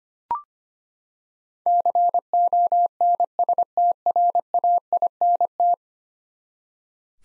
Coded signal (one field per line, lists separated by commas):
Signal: Morse code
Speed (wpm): 25 wpm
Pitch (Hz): 700 Hz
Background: none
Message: CONSTRAINT